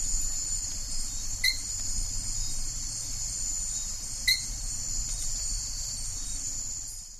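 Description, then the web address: Dark-spotted thin-toed frog with two brief rising chirped notes about three seconds apart, set against a constant high-pitched insect chorus. Recorded in the Ecuadorian Amazon, Ecuador. "Nature Songs S America Frogs of Ecuadorian Amazon Adenomera hylaedactyla"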